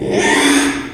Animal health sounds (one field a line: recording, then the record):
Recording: squeal of a Yucatan mini pig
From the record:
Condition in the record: after surgery on the right vocal fold (resection and tissue-engineered implant)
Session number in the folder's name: 3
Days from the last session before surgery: 33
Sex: male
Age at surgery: 12 weeks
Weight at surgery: 13 kg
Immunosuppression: cyclosporine, prednisolone